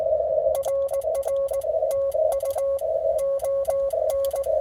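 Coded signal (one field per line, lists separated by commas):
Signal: Morse code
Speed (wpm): 18 wpm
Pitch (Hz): 1100 Hz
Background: none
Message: RR TU ON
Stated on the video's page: CW on a POTA activation across the 10, 15 and 20 m bands, with poor propagation.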